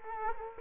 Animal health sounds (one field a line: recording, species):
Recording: mosquito wingbeat signal from an infrared sensor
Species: Culex quinquefasciatus